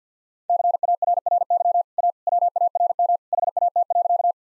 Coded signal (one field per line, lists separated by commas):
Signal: Morse code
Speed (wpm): 50 wpm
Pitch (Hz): 700 Hz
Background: none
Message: CARRY A WARM HAT.